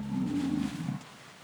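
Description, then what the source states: Cattle: cow mooing: one short, low, harmonic moo lasting about a second, then quiet background hiss. Cattle grazing on grass, mooing.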